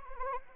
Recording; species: mosquito wingbeat signal from an infrared sensor; Anopheles arabiensis